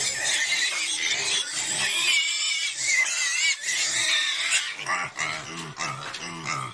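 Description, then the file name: Pig squeals, shrill and harmonic, in a dense continuous scream for about five seconds, then broken into shorter squeals mixed with low grunting bursts near the end. "Tieng heo keu"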